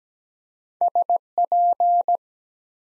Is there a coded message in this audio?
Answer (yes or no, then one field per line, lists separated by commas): yes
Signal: Morse code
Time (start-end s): 0.8-2.2 s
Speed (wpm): 17 wpm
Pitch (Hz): 700 Hz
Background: none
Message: SP